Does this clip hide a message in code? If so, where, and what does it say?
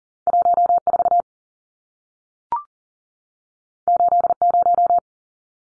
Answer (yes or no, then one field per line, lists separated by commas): yes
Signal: Morse code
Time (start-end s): 0.3-5.0 s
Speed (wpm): 40 wpm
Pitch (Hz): 700 Hz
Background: none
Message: 14 80